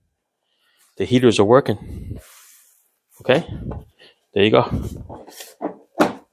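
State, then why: Seated. A heated gutter panel's end connector is pushed onto the adjoining panel while someone talks. A sharp snap at 6.0 s shows it seated. The connection holds when the panel is shaken.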